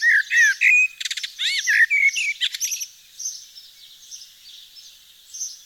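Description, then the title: Eurasian blackbird song, a loud fluty, warbled phrase with a rattling twitter, then quieter background chirping from other birds. Recorded in Nord, northern France. "Sylvain Jaskowiak - Mes piafs. Merle noir dans le Nord"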